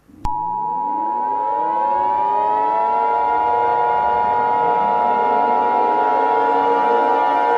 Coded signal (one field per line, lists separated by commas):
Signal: Emergency Alert System (SAME) tones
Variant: 853 and 960 Hz attention tone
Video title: EAS Scenario: XJ9 Invasion